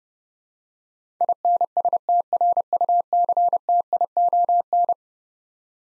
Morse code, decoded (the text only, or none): INSTRUCTION